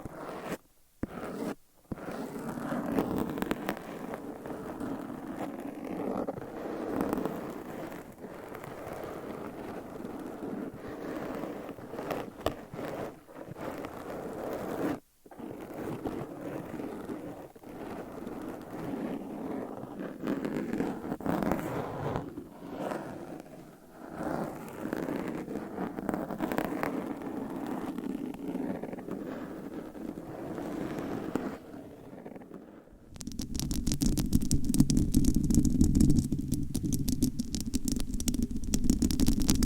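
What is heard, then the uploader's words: Fingernail scratching on a microphone cover, dense and crackly with brief gaps, turning louder, rougher and deeper after about 33 seconds. ASMR Mic Scratching Brain Scratching with 50 DIFFERENT MICS Covers & Nails No Talking.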